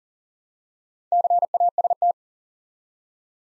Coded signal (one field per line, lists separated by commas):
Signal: Morse code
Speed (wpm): 41 wpm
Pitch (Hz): 700 Hz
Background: none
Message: CAST